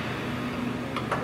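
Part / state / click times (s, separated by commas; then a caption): spring hinge cartridge in a refrigerator door / seated / 1.0 s, 1.1 s. A hinge bracket, placed upside down on the square top of the spring hinge cartridge in a refrigerated sandwich unit's door, is turned to spring-load the hinge. Two sharp ticks sound at 1.0 s and 1.1 s as the cartridge locks in place.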